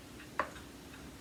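A power plug is being pushed into the tight-fitting socket underneath a vacuum. A single short, sharp tick sounds at about 0.4 s over quiet background noise, and nothing has seated or clicked home yet.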